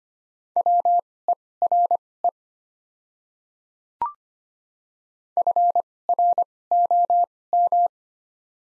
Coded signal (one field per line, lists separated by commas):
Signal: Morse code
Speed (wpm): 25 wpm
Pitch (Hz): 700 Hz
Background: none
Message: WERE FROM